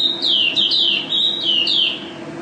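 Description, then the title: White-eye giving a loud series of several clear whistled notes, each dropping in pitch, delivered in quick succession. Contest bird, first-place national champion, singing constantly in ropel style with canary song imitations (isian kenari); video from 2015. "Pleci Juara 1 Nasional pleci Gacor juara nasional teler gacor ropel pleci isian kenari Video 2015"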